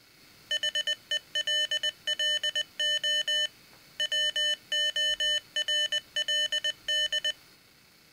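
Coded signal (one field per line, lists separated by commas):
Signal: Morse code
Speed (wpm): 20 wpm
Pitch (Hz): 3000 Hz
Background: none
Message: HELLO WORLD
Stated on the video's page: Audible Morse generated by an Arduino from keyboard text, using standard Farnsworth spacing.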